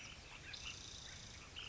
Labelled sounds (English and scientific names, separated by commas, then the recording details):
Ash-throated Flycatcher (Myiarchus cinerascens)
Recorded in Sonoma County, California